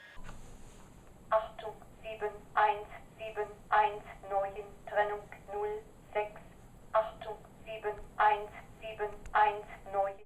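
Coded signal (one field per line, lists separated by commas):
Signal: numbers station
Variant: automated female voice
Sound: a female voice speaking short, evenly spaced words, like numbers read one by one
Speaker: oftentimes automated voices ominously read out strings of repeating numbers.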